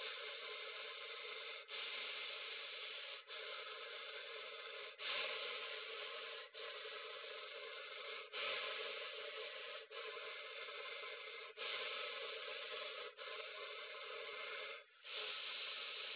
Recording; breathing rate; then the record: paced breathing near a phone; 18 breaths a minute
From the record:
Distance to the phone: 20 cm